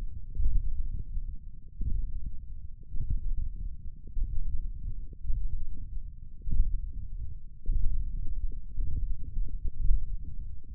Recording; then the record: forearm muscle sounds (acoustic myography)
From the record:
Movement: index flexion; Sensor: system 1, eight BSWA MPA416 microphones around the upper forearm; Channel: 5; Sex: male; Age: 21 years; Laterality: right